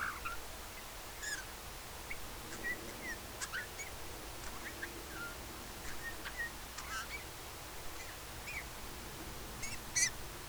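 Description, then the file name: Eurasian bullfinch calling with brief, soft whistled notes repeated irregularly, with occasional sharp ticks and a low background hum. "Pyrrhula pyrrhula"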